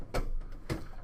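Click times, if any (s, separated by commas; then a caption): 0.7 s. A power supply unit is slid into a computer case until the case's built-in locking mechanism engages. There is a broadband burst around 0.15 s, then a single short click at 0.7 s, with a low hum underneath. The unit is locked into place with its screw holes aligned.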